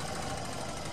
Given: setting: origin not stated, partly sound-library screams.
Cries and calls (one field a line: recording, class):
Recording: one-second piece from a danger detection set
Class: normal situation